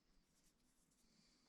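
A screw holding the counter knife bracket of a Hecht 624 lawn mower is handled in its plastic housing thread, to be turned backwards until it drops into the existing thread rather than cutting a new one that would weaken the housing. Only faint, steady scratchy handling noise is heard. Nothing has seated or clicked into the thread yet.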